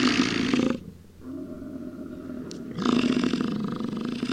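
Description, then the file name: Animal roar: a harsh burst at the start, a quieter pause with a steady low hum, then a second rasping roar that carries to the end. "Acoustic Atlas"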